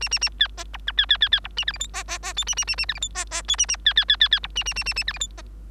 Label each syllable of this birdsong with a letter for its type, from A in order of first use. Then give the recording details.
A A A B C D E B B B B D A F G H C C C I A A A A F G H C C I A A B B B B B D A A A A A F G H C. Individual Bird3